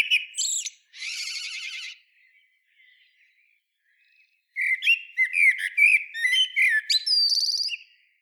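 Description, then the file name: Common blackbird song: a short phrase ending in a squeaky twitter, then after a quiet pause of a few seconds a longer phrase of varied whistled and squeaky notes. "Turdus merula"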